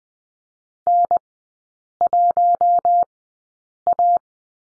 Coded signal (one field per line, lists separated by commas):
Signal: Morse code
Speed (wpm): 19 wpm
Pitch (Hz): 700 Hz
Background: none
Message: N1A